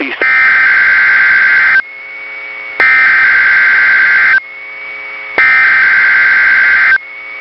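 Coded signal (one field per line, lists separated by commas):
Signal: Emergency Alert System (SAME) tones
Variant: header bursts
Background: speech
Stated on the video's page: SAME tones of Required Weekly Tests received on eight NOAA Weather Radio stations.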